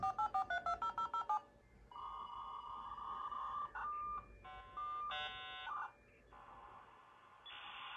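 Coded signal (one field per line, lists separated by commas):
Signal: dial-up modem handshake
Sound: nine quick touch-tone digits, a steady answer tone, then warbling tones and rushing hiss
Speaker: Magnum BBs and we're going to dial this with an actual modem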